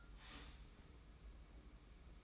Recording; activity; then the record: daily activity, microphone in the room; start toaster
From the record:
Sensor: 1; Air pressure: 991.7 hPa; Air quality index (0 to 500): 171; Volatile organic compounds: 1000 ppm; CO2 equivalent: 6445 ppm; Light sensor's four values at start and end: 33/110/42/44 and 33/110/42/44